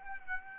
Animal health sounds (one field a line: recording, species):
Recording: mosquito wingbeat signal from an infrared sensor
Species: Aedes aegypti